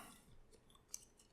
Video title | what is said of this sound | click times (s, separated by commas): Nemesis Reviews Transformers Power of the Primes Predaking | that up and click into place it | 0.9 s